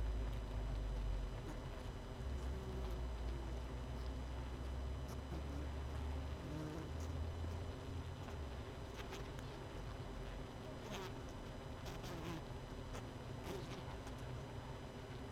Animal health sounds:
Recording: honeybee colony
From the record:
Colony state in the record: missing queen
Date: 31 May 2018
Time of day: 20:01

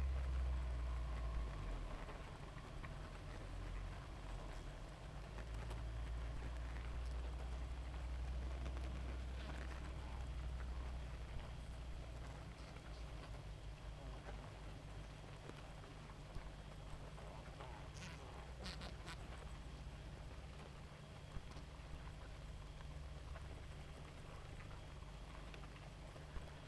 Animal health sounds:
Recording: honeybee colony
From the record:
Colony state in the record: active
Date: 28 July 2017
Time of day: 0:26

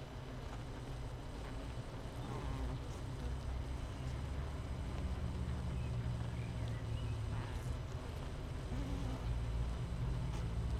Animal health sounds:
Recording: honeybee colony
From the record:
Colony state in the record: missing queen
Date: 31 May 2018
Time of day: 6:53

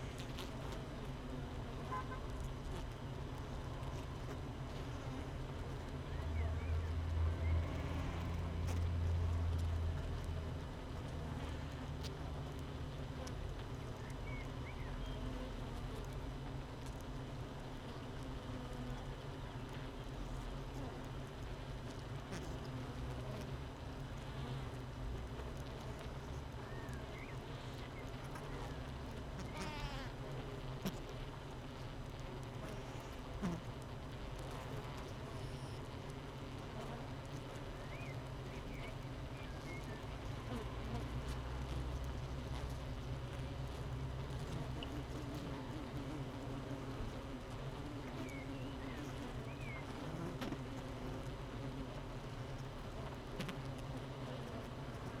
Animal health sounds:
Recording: honeybee colony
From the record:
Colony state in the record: missing queen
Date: 31 May 2018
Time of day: 7:41

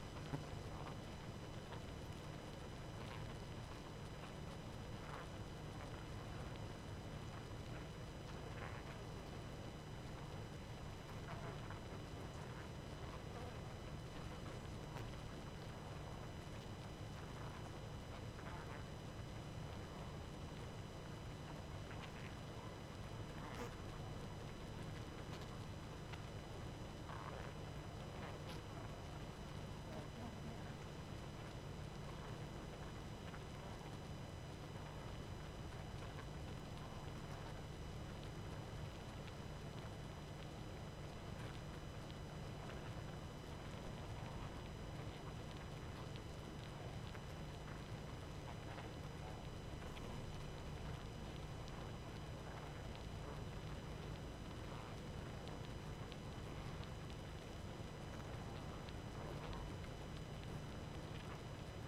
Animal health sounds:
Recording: honeybee colony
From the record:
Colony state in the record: active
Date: 12 June 2018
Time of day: 23:40

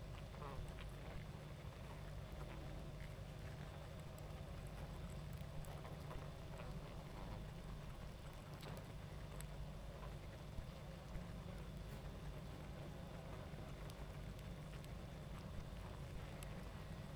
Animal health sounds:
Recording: honeybee colony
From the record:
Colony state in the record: active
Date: 28 July 2017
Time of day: 21:46

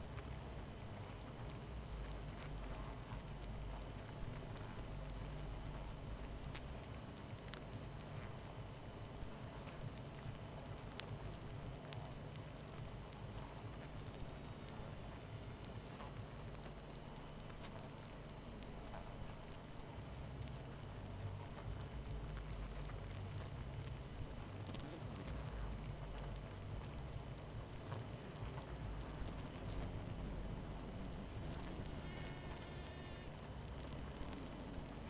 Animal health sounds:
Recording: honeybee colony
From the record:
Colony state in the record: missing queen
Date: 14 July 2017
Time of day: 23:26

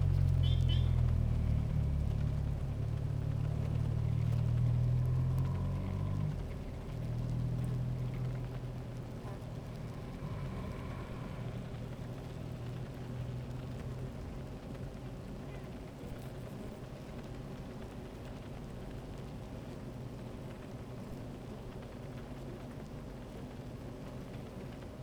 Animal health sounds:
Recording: honeybee colony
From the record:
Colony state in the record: active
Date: 28 July 2017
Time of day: 13:40

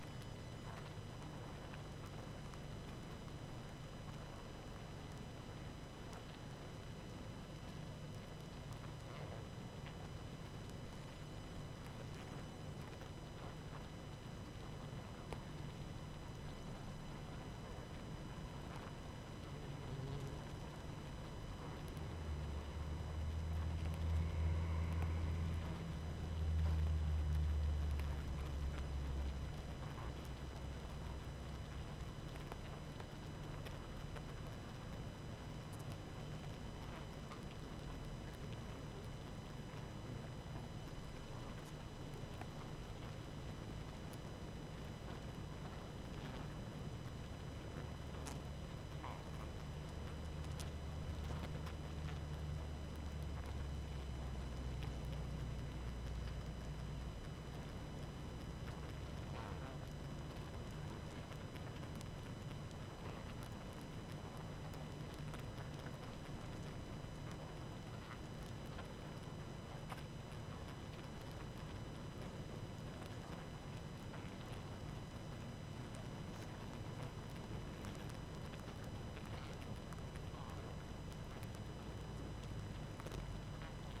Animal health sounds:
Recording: honeybee colony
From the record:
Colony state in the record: active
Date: 12 June 2018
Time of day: 20:20

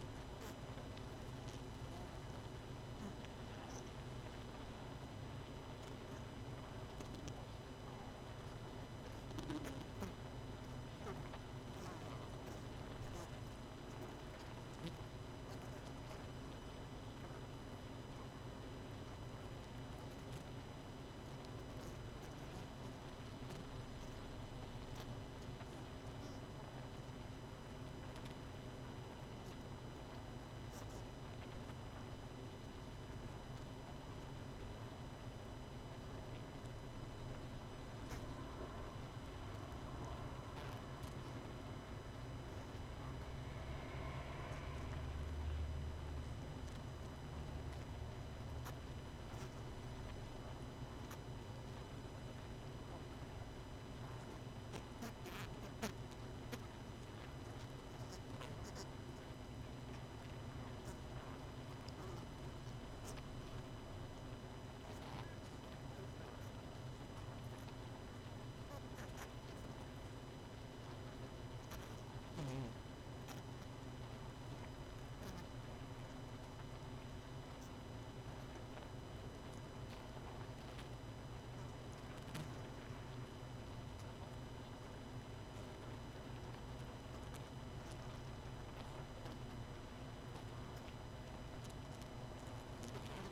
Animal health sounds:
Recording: honeybee colony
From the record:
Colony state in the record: missing queen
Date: 31 May 2018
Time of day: 19:17

